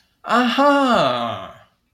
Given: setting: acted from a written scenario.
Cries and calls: vocal sound without words; realization

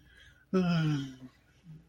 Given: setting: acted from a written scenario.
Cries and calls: vocal sound without words; shame

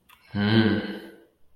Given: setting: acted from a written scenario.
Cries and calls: vocal sound without words; desire

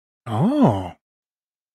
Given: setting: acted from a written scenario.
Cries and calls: vocal sound without words; interest

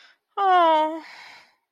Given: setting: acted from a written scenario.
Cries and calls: vocal sound without words; disappointment

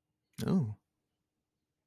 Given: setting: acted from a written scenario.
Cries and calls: vocal sound without words; positive surprise

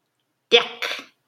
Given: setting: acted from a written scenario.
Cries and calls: vocal sound without words; disgust

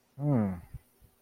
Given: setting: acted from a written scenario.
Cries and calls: vocal sound without words; desire

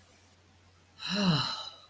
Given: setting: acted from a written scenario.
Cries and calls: vocal sound without words; awe

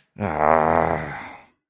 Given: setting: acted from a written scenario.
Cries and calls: vocal sound without words; embarrassment

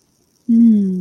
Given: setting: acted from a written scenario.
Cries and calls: vocal sound without words; serenity

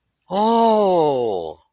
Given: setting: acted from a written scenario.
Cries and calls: vocal sound without words; positive surprise

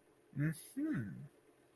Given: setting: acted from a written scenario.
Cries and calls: vocal sound without words; interest

